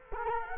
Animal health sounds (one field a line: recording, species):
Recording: mosquito wingbeat signal from an infrared sensor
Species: Culex quinquefasciatus